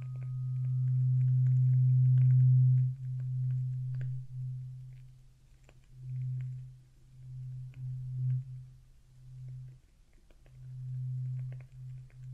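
Traditional Chinese ear cleaning, with a steady low buzzing hum from a vibrating tool, loudest over the first three seconds. The buzz then pulses on and off in uneven bursts, with faint scraping and small clicks scattered throughout.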